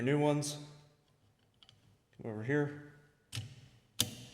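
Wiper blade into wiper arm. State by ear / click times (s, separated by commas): seated / 4.0 s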